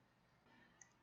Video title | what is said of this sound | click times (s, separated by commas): Logitech G502 Lightspeed Review | it in there snaps in place perfect | 0.8 s